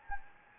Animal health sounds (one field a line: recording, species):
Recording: mosquito wingbeat signal from an infrared sensor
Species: Anopheles gambiae